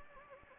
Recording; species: mosquito wingbeat signal from an infrared sensor; Anopheles gambiae